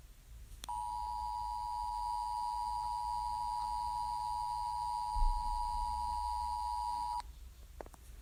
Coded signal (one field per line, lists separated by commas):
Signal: Emergency Alert System (SAME) tones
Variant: 853 and 960 Hz attention tone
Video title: EXTRATERRESTRIAL INVAION EAS (ORIGINAL)